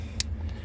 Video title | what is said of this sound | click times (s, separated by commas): 2024 F150-Tekonsha P3 prodigy brake controller install (so easy) plug n' play | it just clicks right into this holder. | 0.2 s